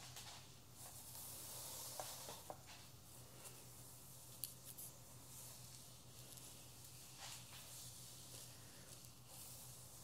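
A real-hair haircut with no talking: a steady low hum runs underneath while short crisp snips and clicks come every second or two. Soft bright hissing swells rise and fall, strongest near the start, like spraying or brushing through hair.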